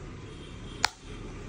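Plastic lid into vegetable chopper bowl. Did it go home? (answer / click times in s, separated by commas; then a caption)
yes / 0.8 s. A plastic lid is turned onto a Pigeon vegetable chopper bowl with its groove aligned to the bowl's groove. Against low background noise, one sharp click sounds at 0.8 s as the lid locks into place.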